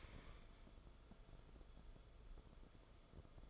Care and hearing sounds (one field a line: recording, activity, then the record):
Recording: daily activity, microphone in the room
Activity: stand up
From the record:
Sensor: 5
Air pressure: 994.5 hPa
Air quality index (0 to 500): 184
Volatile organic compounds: 1000 ppm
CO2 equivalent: 5380 ppm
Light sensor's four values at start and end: 25/62/26/31 and 25/61/26/30